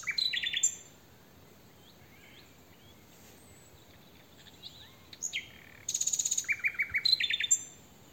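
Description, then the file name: Common nightingale song, separate phrases of sweeping whistles and a rapid buzzy trill of repeated notes, with a pause between them. "Luscinia megarhynchos"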